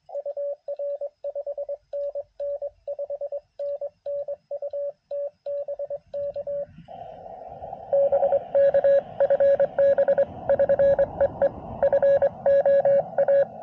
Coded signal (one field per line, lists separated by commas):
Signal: Morse code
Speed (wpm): 22 wpm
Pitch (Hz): 560 Hz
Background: radio noise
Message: UR 5NN 5NN UT BK BK FB <SN> EE FOA